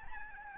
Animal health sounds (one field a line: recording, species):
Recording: mosquito wingbeat signal from an infrared sensor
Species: Aedes albopictus